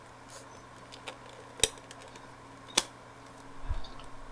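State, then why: Seated. A holder piece that had moved out of place on its stand, not broken, is pushed back into its mount. After a few faint ticks, two sharp snaps are heard at 1.6 s and 2.8 s as it seats, followed by soft rustling. The piece is back in place and good to go.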